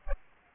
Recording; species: mosquito wingbeat signal from an infrared sensor; Aedes aegypti